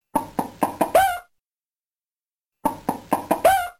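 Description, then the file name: Chicken clucking in two quick bursts of five short throaty notes, each burst ending on a longer, bending cluck, with silence between the bursts. "chicken klucks"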